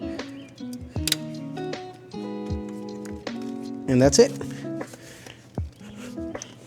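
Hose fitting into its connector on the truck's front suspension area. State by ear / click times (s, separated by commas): not seated / none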